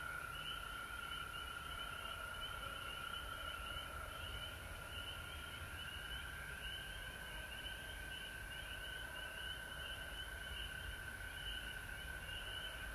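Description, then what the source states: Frog chorus: a continuous shrill trill holds steady while higher pulsed calls ripple on top, with low rumbling noise underneath for the whole stretch. Frogs recorded at home in Georgia on March 19, 2020.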